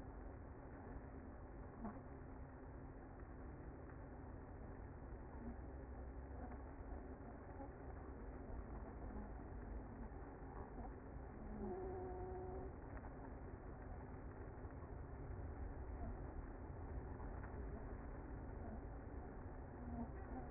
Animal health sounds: honeybee colony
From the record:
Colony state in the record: active

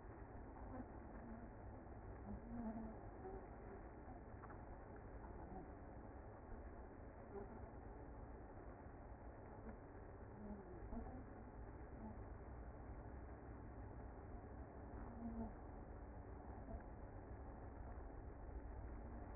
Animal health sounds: honeybee colony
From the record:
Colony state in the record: active

